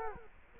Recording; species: mosquito wingbeat signal from an infrared sensor; Culex quinquefasciatus